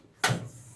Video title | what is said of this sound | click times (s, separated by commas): IV therapy | then it latches here and snaps into place. | 0.2 s